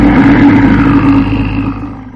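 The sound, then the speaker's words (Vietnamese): A deep, furious monster-like roar of a giant python rises from the bottom of a pond, rumbling with heavy droning low tones, holding steady and loud before slowly fading over about two seconds, with no voices. “Tiếng trống giận dữ điên cuồng từ đáy đầm truyền đến.”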